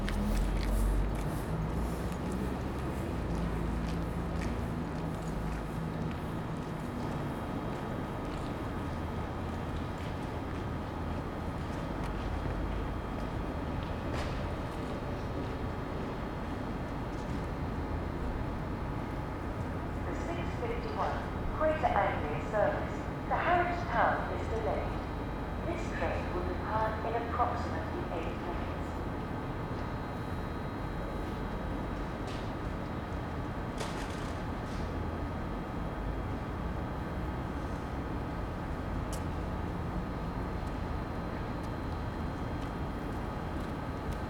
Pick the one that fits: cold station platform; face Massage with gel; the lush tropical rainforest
cold station platform